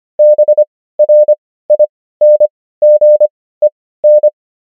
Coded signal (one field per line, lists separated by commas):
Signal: Morse code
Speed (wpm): 25 wpm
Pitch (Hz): 600 Hz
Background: none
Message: BRINGEN